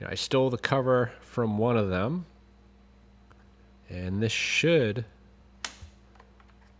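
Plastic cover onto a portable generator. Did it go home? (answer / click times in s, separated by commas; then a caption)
yes / 5.7 s. Someone talks while pressing a plastic replacement cover, taken from a spare Powermate generator because the part is discontinued, onto a portable Powermate generator. A single sharp snap at 5.7 s shows the cover seated in place, followed by a few faint small clicks.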